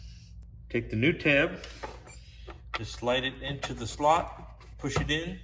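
Someone talks while a new tab is slid into the slot on a saw's filter mount and pushed in, with faint handling noises under the voice. The clip ends before the tab locks in, so nothing has clicked or seated yet.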